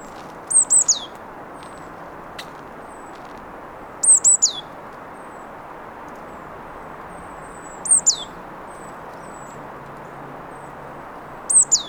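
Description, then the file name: Marsh tit giving a repeated two-part call, a thin high note sliding sharply downward, about every four seconds against a faint steady background hiss. "Poecile palustris"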